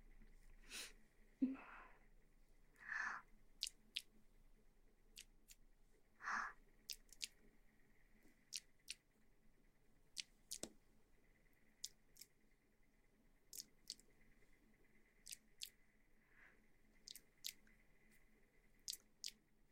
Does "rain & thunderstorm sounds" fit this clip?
no